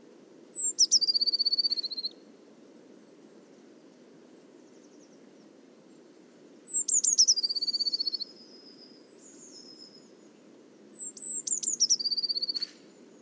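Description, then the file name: Eurasian blue tit song: three phrases, each of thin high notes sliding down into a fast, even trill, with pauses of a few seconds and a steady low hum beneath. "Cyanistes caeruleus"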